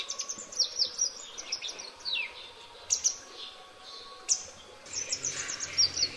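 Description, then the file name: Grey wagtail calls: sharp, high, thin notes, some single and some in quick runs, with softer chirps in between. "灰鶺鴒"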